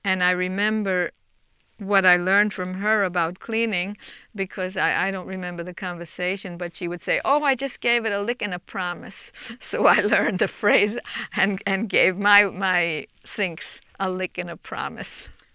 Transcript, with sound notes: And I remember what I learned from her about cleaning because I, I don't remember the conversation but she would say, "Oh, I just gave it a lick and a promise." (she laughs) So I learn the phrase and, and gave my, my sinks "a lick and a promise."